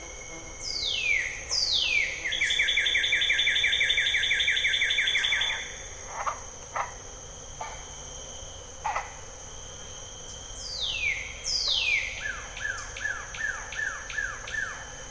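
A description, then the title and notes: Bird-voiced treefrogs call in bright descending whistles followed by fast rattling trills, repeating around 1, 11 and 12 seconds over a steady high insect hum. Jessamine Bayou is a seasonally flooded forest in the heart of America's Amazon, the Mobile-Tensaw River Delta. These recordings are taken from overnight "drop rigs" left at the edge of a tributary surrounded cypress swamp and adjacent to a field of saw palmetto. In the evening a diffuse chorus of bird-voiced treefrogs. Crickets and katydids tune up.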